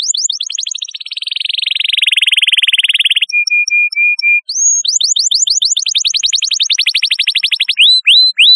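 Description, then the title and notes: Canary song, loud and varied: rapid buzzy trills, a few steady pure whistled notes, then fast series of rising sweeps repeated many times. "Kicau Burung Kenari"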